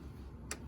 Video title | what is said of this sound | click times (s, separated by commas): Honda Accord 1.5T engine oil change and filter 2018 2019 2020 2021 accord | All right, you hear the click? Yep. That's 90 inch-pounds. | 0.5 s